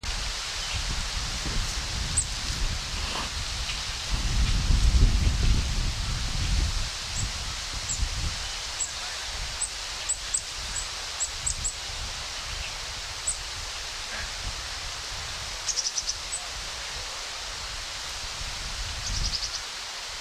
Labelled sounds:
Black-capped Chickadee (Poecile atricapillus) call
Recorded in the wild
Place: Halifax, Nova Scotia, CA
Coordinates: 44.6236, -63.5697
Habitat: park
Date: 1991-10-08 16:52
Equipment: Sony WM-D6C, Sony ECM-939 LT (Stereo), Kopie Uher 4400 IC
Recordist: Frommolt, Karl-Heinz

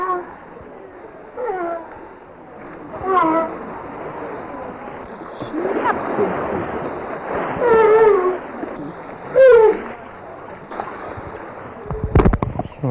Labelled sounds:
California Sea Lion (Zalophus californianus) call
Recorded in captivity
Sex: pair
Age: adult
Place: Zoo Karlsruhe, Baden-Württemberg, DE
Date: 2000-09-26 16:09
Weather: fair, 16-17°C
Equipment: Nagra SN, Kopie Uher 4000 Report Monitor
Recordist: Tembrock, Günter
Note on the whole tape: Fütterung: erst Männchen (Laute), dann Weibchen (Laute). Nach der Fütterung: Lautfolgen bei Kopfschütteln und Lippenschleudern (lauthaft)

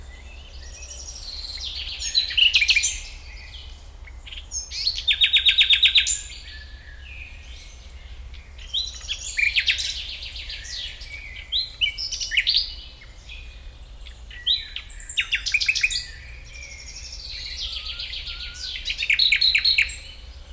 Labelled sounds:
Common Nightingale (Luscinia megarhynchos)
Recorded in the wild
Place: Schloßpark Babelsberg, Brandenburg, DE
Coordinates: 52.4, 13.1
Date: 1996-06-07 12:55
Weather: sonnig, 24-30°C
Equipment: Sony MD-WM MZ-R3, Sennheiser MKH 416 T, Kopie Uher 4000 Report Monitor
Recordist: Tembrock, Günter

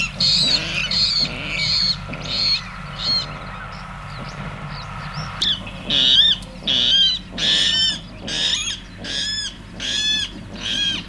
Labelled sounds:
Water Rail (Rallus aquaticus) call
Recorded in the wild
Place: Hörfeld, Hörfeld Moor, Steiermark, AT
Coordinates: 47.0317, 14.5064
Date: 1972-05-25
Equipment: Uher 4100 Report-V
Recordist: Brunner, Thomas

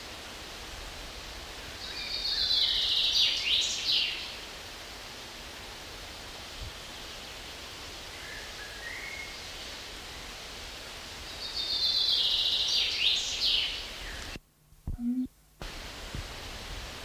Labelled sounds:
Common Chaffinch (Fringilla coelebs) song
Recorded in the wild
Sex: male
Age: adult
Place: Mühlenbecker See, Brandenburg, DE
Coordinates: 52.7, 13.4
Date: 1988-07-10 12:00
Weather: overcast, 17-20°C, winds
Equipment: Sony WM-D6C, Kopie Tesla B 116
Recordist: Tembrock, Günter
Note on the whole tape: Mühlenbecker See, Nordufer, nahe Schloss Dammsmühle. Gesang (zwei Haupttypen)

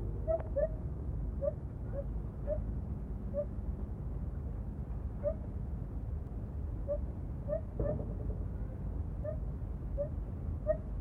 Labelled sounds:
Lar Gibbon (Hylobates lar)
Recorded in captivity
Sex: female
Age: adult
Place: Tierpark Berlin, Berlin, DE
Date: 1967-11-21
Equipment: Kopie Smaragd
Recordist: Tembrock, Günter

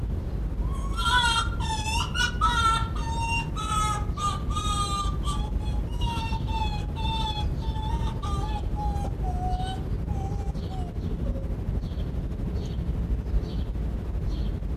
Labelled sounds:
Arctic Fox (Vulpes lagopus)
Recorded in captivity
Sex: pair
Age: adult
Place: Zoologisches Institut der HUB, Berlin, DE
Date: 1957-04-17 11:00
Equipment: Elmetra
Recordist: Tembrock, Günter

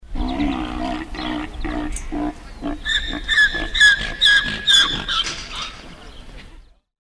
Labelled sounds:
Grevy's Zebra (Equus grevyi)
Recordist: Tembrock, Günter
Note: Rufreihe des Hengstes

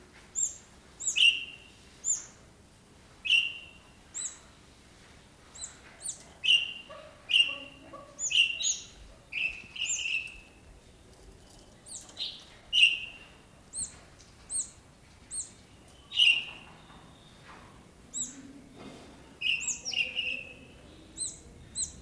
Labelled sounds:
Speckled Mousebird (Colius striatus) call
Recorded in captivity
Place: Zoo Berlin, Berlin, DE
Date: 1997-01-18 12:46
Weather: bedeckt, -1°C
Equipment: Nagra SN, Kopie Uher 4000 Report Monitor
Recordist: Tembrock, Günter

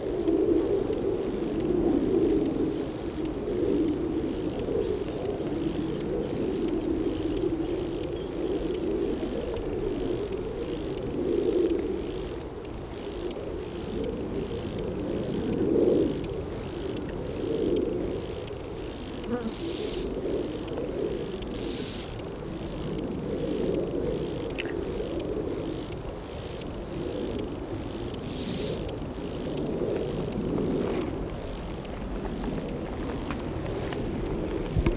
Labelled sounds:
Lesser Marsh Grasshopper (Chorthippus albomarginatus) stridulation
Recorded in the wild
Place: Eutin, Holsteinische Schweiz, Schleswig-Holstein, DE
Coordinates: 54.132, 10.614
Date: 1992-09-15 12:15
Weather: wolkig-heiter, windig, 17°C
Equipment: Marantz CP 430, Sennheiser ME 80, Kopie Tesla B 116
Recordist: Tembrock, Günter

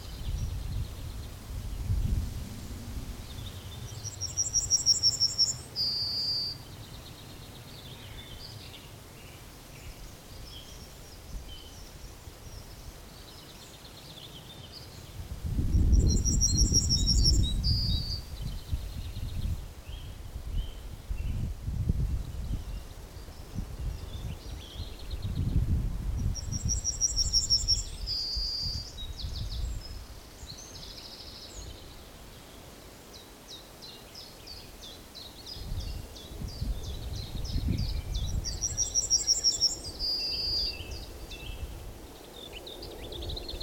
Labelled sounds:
Yellowhammer (Emberiza citrinella)
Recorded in the wild
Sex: male
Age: adult
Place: Blankenfelde, Berlin, DE
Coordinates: 52.645, 13.395
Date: 1992-05-28 10:55
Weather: sonnig, 20-24 °C, böiger Ost-Wind
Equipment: Nagra SN, Mikrofon AKG CK 8, Kopie Tesla B 116
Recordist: Tembrock, Günter

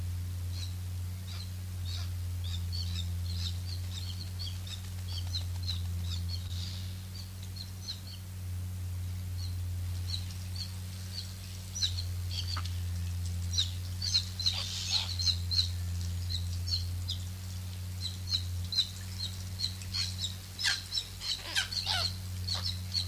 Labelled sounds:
Common Murre (Uria aalge) call
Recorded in captivity
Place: Zoo Münster, Nordrhein-Westfalen, DE
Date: 1988-10-03 14:15
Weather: overcast, 14°C
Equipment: Sony WM-D6C, Kopie Uher
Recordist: Tembrock, Günter

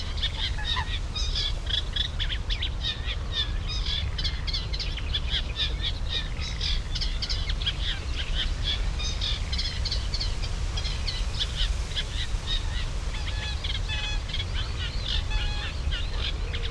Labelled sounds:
Eurasian Reed Warbler (Acrocephalus scirpaceus)
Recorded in the wild
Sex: male
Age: adult
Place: Karower Teiche, Naturpark Barnim, Berlin, DE
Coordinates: 52.624, 13.462
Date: 1993-05-20 10:26
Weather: heiter, 22-25 °C
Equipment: Marantz CP 430, Sennheiser ME 80, Kopie Uher Variocord 263
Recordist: Tembrock, Günter

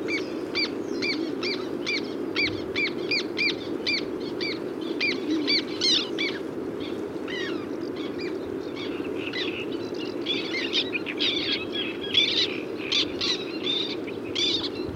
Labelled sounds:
Black Tern (Chlidonias niger) call
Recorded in the wild
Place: Dassow, Mecklenburg-Vorpommern, DE
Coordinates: 53.963, 10.938
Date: 1980-05-26
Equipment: Nagra III BH, Sennheiser MD 21, parabola
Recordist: Schubert, Michael
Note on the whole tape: bis zu zehn Trauerseeschwalben überfliegen ihre Kolonie, recht konkret, aber diffuses, tiefes Umgebungsgeräusch

